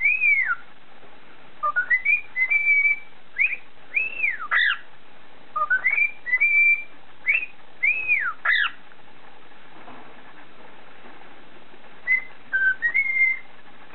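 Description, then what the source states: Cockatiel whistling a tune of clear arched and level notes, some sliding up sharply, in bursts with short pauses and a brief quiet stretch midway. Whistled tune (siulan) of a cockatiel.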